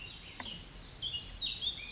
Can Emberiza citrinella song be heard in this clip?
no